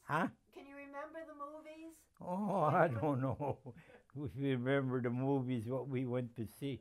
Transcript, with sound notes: Huh?
Can you remember the movies?
Oh, I don't know. (laughing) If we remember the movies, what we went to see.